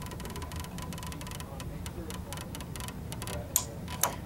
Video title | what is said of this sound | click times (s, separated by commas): AC Performance Plus with Carbon Blue -- Checking Belt Tension & Tracking | click and then I stop | 3.6 s